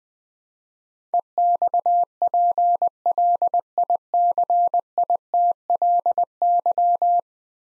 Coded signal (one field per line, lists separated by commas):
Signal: Morse code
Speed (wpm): 21 wpm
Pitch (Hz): 700 Hz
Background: none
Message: EXPLICITLY